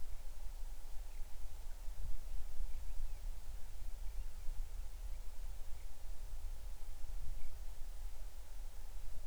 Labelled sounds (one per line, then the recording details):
bird
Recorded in the Arctic National Wildlife Refuge, Alaska, on 20 July 2019 at 02:53
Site 38